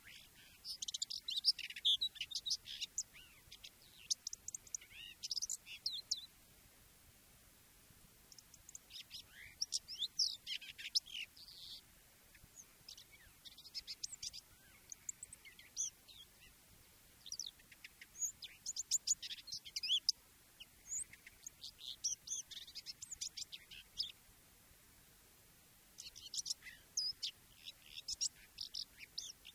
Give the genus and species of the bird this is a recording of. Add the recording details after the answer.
Sylvia communis. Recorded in the wild. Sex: male. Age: adult. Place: Möhrendorf, Bayern, DE. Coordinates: 49.6372, 10.9831. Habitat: pond. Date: 1962-06-04. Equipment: Stellavox SM 5, AKG D19-200, langes Kabel, Original, Vollspur. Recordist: Tretzel, Erwin